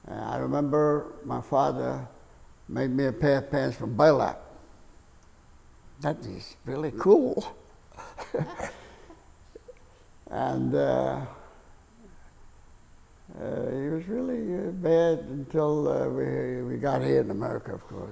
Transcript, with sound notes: I remember my father made me a pair of pants from burlap. That is really cool. [chuckles]
Yeah.
And it was really bad until we—we got here in America, of course.